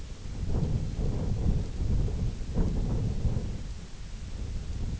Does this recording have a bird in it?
no